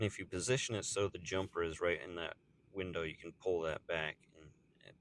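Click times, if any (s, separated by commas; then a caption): 4.9 s. During a Bulova Sea King service (11ANACB), the day indicator wheel is fitted onto the watch movement with its jumper spring positioned in the wheel's window. The jumper is pulled back and released while someone talks. The wheel seats with a small, sharp metallic tick at 4.9 s.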